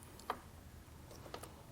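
A Curt trailer wiring harness T-connector plug is pushed into the tail light socket of a 2017 Chevrolet Traverse; it only fits one way because of a notch. A sharp click at 0.3 s marks the plug seating, followed by fainter ticks around 1.4 s. The connector is seated.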